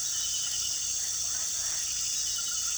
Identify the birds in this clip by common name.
none